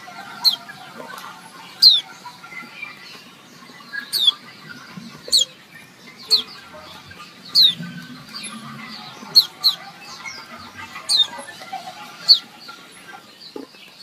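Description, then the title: White-eye giving many thin, high downslurred call notes at irregular intervals. Female calling a male, intended to make males sing actively; offered as therapy sound for birds. "Suara Pleci Betina Memanggil Jantan agar Gacor - Suara Pleci Betina untuk Terapi. Leyden Fugle"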